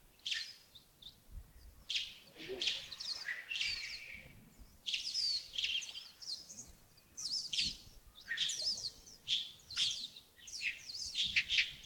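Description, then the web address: Birds twittering busily, dense overlapping high chirps and trills in near-continuous bursts. Early morning at Yagongding (亚公顶), 28 December 2025, about 07:40. "2025-12-28 亚公顶清晨 251228 074040 birds"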